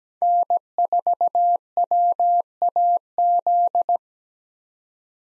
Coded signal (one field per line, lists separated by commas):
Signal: Morse code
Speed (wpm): 17 wpm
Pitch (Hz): 700 Hz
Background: none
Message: N4WAZ